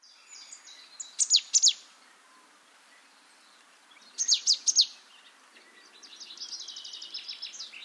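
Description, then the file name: Marsh tit calls: two bursts of three or four sharp falling notes several seconds apart, then a long run of quick buzzy high notes. "Poecile palustris"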